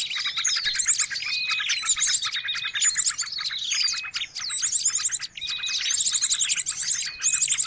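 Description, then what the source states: Many birds calling at once, repeated high trilled phrases and short flat whistles amid constant chirping. Noisy bird calls used to lure birds.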